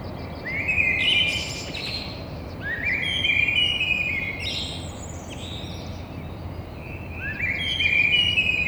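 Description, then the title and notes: Eurasian blackbird song: low warbled whistles rising into squeaky high flourishes, three phrases with a longer gap before the last, against constant low rumble. In a courtyard between two windows, Grand Rond, Toulouse, France; Thursday 9 April at 6:30 in the morning. "Merle noir côté cour. Entre mes deux fenêtres Un merle noir toulousain, fenêtre sur cour jeudi 09 avril 6:30 Toulouse - Grand Rond"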